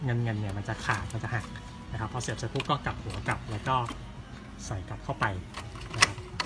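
A print head for an Epson L800 inkjet printer is handled after its ribbon cable is connected, turned back over, and brought toward the printer carriage while someone talks. Faint soft handling sounds run under the talk, with a few sharp brief ticks near the end around 6.0 and 6.4 seconds. Nothing has seated or clicked yet; the clip ends just before the print head goes home in the carriage.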